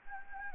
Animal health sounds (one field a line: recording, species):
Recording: mosquito wingbeat signal from an infrared sensor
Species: Anopheles gambiae